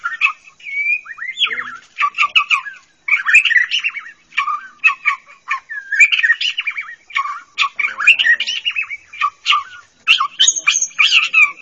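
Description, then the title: Java sparrow singing a fast, continuous jumble of clicks, chirps and squeaky notes with brief pauses between bursts. "kicau gelatik"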